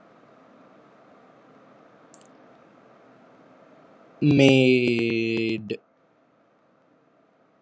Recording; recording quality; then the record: sustained vowel as in made; moderate, slight background noise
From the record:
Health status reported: healthy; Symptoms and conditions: none ticked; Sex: male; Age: 28 years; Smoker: not ticked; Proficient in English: yes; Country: United States